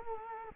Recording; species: mosquito wingbeat signal from an infrared sensor; Culex quinquefasciatus